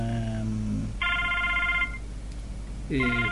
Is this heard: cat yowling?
no